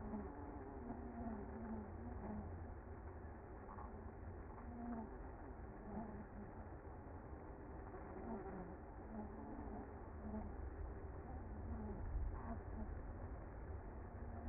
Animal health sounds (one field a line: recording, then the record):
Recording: honeybee colony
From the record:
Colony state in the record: active